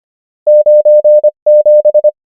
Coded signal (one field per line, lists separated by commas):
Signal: Morse code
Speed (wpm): 25 wpm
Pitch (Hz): 600 Hz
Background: none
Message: 9 7